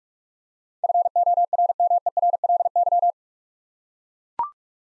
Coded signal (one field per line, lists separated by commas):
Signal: Morse code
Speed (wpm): 42 wpm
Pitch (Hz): 700 Hz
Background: none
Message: FORMERLY